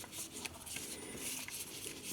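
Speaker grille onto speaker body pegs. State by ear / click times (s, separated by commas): not seated / none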